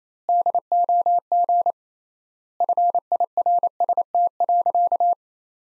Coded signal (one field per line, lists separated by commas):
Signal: Morse code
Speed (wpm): 27 wpm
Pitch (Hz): 700 Hz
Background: none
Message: DOG FIRST.